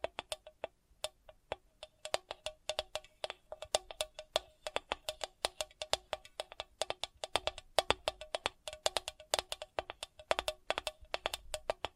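Crisp tapping in quick irregular bursts, dozens of sharp clicks across twelve seconds, with faint low hum.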